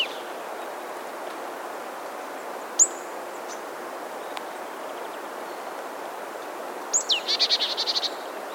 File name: Poecile palustris